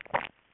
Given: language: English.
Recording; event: throat vibration sensor signal played as sound; swallow